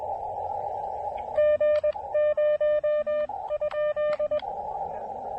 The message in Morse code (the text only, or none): G0?